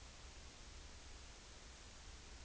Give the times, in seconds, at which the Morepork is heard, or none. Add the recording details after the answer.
none. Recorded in New Zealand on 30 April 2013. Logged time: 02:19. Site Ponui